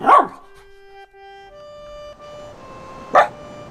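A dog gives two sharp, loud barks, one at the start and another about three seconds later, with a steady, faint tonal hum filling the pause between them.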